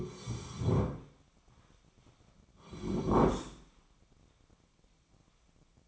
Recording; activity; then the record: daily activity, microphone in the room; sit down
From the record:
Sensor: 1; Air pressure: 1009.3 hPa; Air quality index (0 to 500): 178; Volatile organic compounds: 3 ppm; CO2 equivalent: 1504 ppm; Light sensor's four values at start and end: 36/96/40/47 and 39/103/42/50